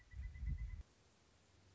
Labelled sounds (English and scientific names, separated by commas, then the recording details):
Pileated Woodpecker (Dryocopus pileatus)
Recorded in Sonoma County, California